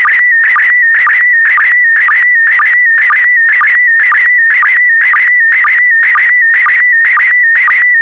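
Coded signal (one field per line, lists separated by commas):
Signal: SSTV (slow-scan television)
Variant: PD120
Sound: warbling whistle near 2 kHz with a short low blip twice a second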